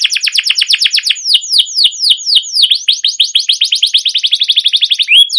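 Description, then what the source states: Canary song with quick descending chips that slow into wider sweeps, then speed back up into a tight rolling trill. Canary song recorded as a lure or training master for canaries, a long trilling rolled song described as cuit cuit ngerol, gacor panjang.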